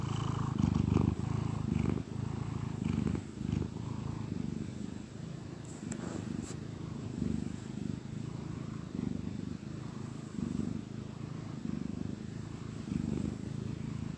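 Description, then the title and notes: Domestic cat purring in low, even rumbling phrases, swelling and easing with each breath, with a couple of brief clicks midway. Happy cat purring. "Cat Cafe and Art. Happy cat purrs"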